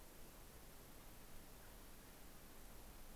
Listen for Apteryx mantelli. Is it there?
no